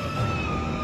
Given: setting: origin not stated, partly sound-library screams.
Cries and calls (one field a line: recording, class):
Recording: one-second piece from a danger detection set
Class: woman in danger